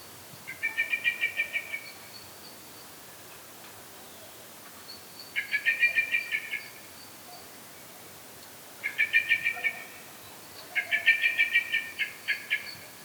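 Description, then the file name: Common blackbird giving bursts of rapid, harsh chattering notes, each run lasting about one to two seconds and repeated four times, with a thin high whistle between bursts. "Turdus merula"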